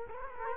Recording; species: mosquito wingbeat signal from an infrared sensor; Culex quinquefasciatus